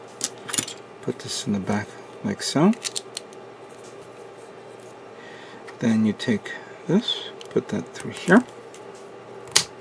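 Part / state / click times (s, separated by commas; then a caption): plastic model kit part into limb assembly / seated / 9.6 s. A plastic model kit part is put through an opening in a limb assembly and pressed until it snaps into place, with a loud single click at 9.6 s. Someone talks throughout, with small handling sounds of plastic parts in between.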